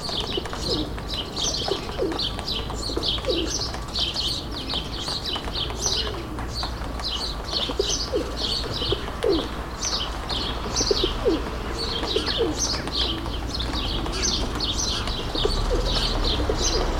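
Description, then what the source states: Sparrow chorus of many short, bright chirps overlapping continuously, with low background hum. Several sparrows, suburban ambient, May 2022.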